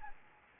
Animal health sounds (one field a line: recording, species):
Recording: mosquito wingbeat signal from an infrared sensor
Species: Anopheles gambiae